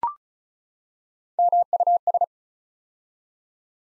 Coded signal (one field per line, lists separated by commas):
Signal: Morse code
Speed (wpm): 36 wpm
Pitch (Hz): 700 Hz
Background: none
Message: MUS